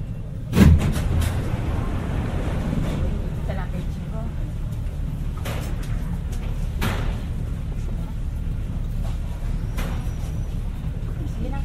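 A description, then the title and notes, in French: A Paris Métro ride: a steady, low rumble of the train runs throughout, with voices talking over it. A sharp knock lands just after the start, and brief clacks and rattles recur every couple of seconds while the overall level stays even. Métro parisien.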